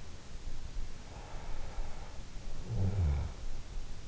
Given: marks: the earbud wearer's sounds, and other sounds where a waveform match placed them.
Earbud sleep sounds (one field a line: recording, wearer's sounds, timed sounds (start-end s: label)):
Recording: sounds in sleep by an in-ear microphone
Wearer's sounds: breath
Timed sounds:
1.05-3.95 s: breath